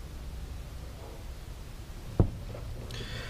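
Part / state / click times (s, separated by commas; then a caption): fuel injector rail onto injectors in the intake manifold / not seated / none. On an Audi TT MK1, the fuel injector rail is pressed down onto the injectors in the intake manifold, over a low steady background hum with a short sharp knock at 2.2 s and a brighter, higher-pitched scraping burst at about 3.0 s. The injector seals will not go into their bores, so nothing has seated or clicked, and the rail is left sitting with a large gap.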